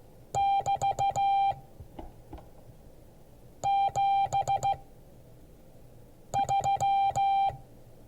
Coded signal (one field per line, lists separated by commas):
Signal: Morse code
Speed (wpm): 15 wpm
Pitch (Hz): 790 Hz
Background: none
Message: <BT> 73